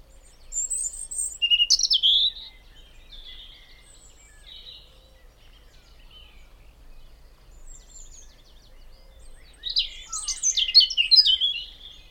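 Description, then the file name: European robin singing a high tinkling phrase with a sharp squeak, silence, then a longer, busier run of rapid high notes. "Erithacus rubecula"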